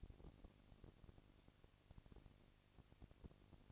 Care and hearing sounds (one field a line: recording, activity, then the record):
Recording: daily activity, microphone in the room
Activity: no activity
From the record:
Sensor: 4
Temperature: 22.5 degrees Celsius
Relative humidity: 33.3%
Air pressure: 999.7 hPa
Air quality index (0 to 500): 231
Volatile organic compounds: 21 ppm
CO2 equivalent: 2710 ppm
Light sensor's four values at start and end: 2/3/1/1 and 2/3/1/1